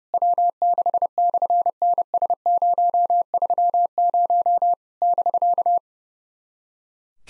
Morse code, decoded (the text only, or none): W6/NS030 <BK>